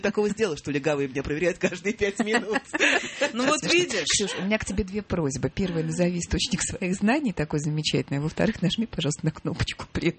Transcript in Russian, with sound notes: Что я такого сделал, что легавые меня проверяют каждые пять минут?». (Смеётся) Ну вот, видишь? У меня к тебе две просьбы. Первая – назови источник своих знаний такой замечательный, и, во-вторых, нажми, пожалуйста, на кнопочку.